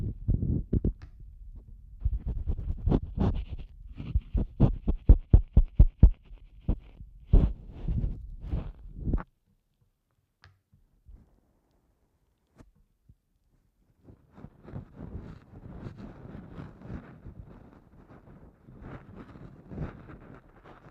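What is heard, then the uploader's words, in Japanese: Ear cleaning opens with loud, rapid scratching strokes and thumps that rumble low for about nine seconds. A near-silent gap with a few faint clicks follows, then softer, steady rustling and scraping returns from around fourteen seconds. ASMR耳かき 圧力・低音強めの落ち着くサウンド…柔らかい音フェチ。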